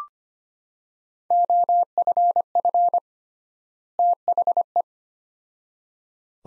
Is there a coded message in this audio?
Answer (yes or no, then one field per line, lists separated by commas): yes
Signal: Morse code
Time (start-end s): 1.3-4.8 s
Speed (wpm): 25 wpm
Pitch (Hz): 700 Hz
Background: none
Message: OFF THE